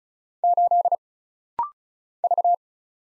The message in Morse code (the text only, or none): 8 V